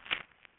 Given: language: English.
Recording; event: throat vibration sensor signal played as sound; swallow